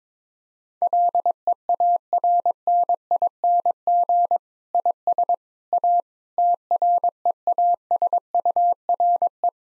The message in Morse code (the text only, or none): LEARNING IS A TREASURE